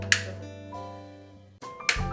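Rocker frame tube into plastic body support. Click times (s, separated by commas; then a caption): 0.1 s, 1.9 s. A tubular metal rocker frame tube is pressed into a plastic body support and snaps into place. Two sharp clicks ring out at 0.1 and 1.9 seconds over a sustained musical tone, and the frame is seated.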